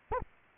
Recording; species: mosquito wingbeat signal from an infrared sensor; Anopheles arabiensis